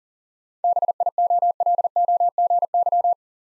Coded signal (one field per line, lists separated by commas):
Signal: Morse code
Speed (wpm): 40 wpm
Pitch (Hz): 700 Hz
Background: none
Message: BIOLOGY